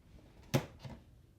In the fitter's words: just put it like this and then with your thumb push it on until it clicks in place